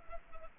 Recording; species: mosquito wingbeat signal from an infrared sensor; Culex pipiens